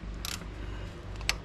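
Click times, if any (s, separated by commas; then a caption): 0.3 s, 1.3 s. A click-type torque wrench set to 12 lbs tightens the final drain/fill plug on a 2024 Polaris Sportsman 570 Trail ATV during its 25-hour break-in service. Two sharp wrench clicks are heard at 0.3 s and 1.3 s, the second much louder, with a few faint ticks around them and no talking. The wrench clicks at its 12 lbs setting, confirming the plug is torqued.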